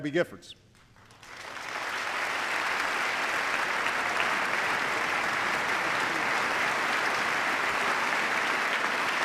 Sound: applause

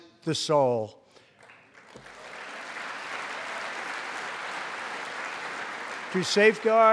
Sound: applause

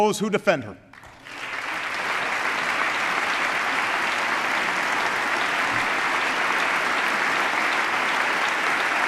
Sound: applause

